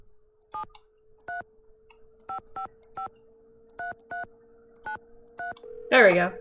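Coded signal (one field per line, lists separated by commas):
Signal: DTMF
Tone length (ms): 110 ms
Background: speech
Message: 735553393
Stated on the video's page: Tones from the Nancy Drew: Secret of the Scarlet Hand game.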